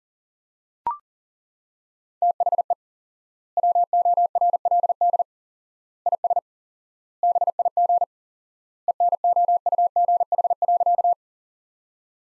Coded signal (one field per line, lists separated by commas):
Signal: Morse code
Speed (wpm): 40 wpm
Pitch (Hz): 700 Hz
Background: none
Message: THE WORLD IS BIG ENOUGH.